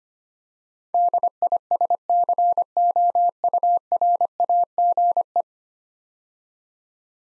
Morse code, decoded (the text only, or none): DISCOURAGE